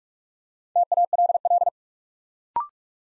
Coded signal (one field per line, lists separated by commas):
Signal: Morse code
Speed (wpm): 44 wpm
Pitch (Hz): 700 Hz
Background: none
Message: TALL